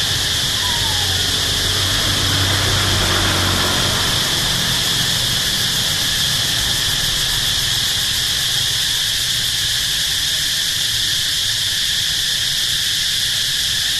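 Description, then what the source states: Locust droning in a steady, unbroken high-pitched buzz with layered shrill bands, while a vehicle rumbles low and passes during the first seconds. Recorded at night in Siem Reap, Cambodia, with traffic passing.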